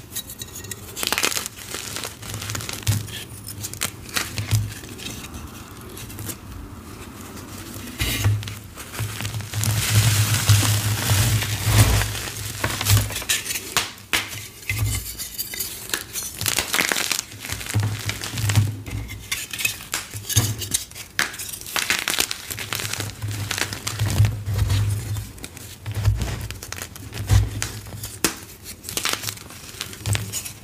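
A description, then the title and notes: Crumbly crushing of dyed chalk blocks filled with soap and powder, heard as gritty crackles and crunches in irregular bursts, busiest around 10 to 13 seconds. A low steady hum runs underneath, with brief quieter pauses between squeezes. Exploding Gym Chalk Bombs Overload. ASMR Crushing dyed gym chalk bombs filled with soap, glitter, powder and more!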